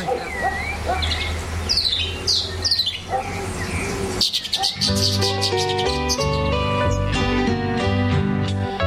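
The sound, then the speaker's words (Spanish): Birds chirp and trill at dawn in Merlo, in quick, high rising calls over a low steady hum for several seconds, then a bright melodic music bed swells in and carries on over them. “Amanecer en Merlo, lo presienten pajaritos con sus trinos y aleteos, las flores sueltan su aroma, ya va a amanecer en Merlo”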